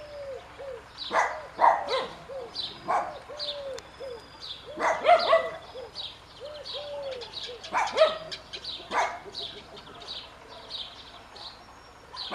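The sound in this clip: Bird calls, several clear upward-arching notes repeated in series, mixed with sharp high chips and bursts throughout.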